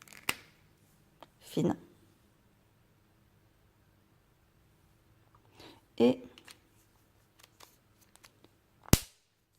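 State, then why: Seated. A cap is snapped back onto the tip of an alcohol marker, and it clicks shut at 8.9 s with a sharp, bright clac that confirms it is properly closed. Before that, someone talks briefly, and a few small taps and handling sounds are heard.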